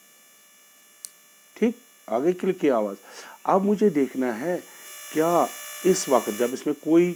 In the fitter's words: यह भी बांध हो गया तो एक क्लिक की आवाज आएगी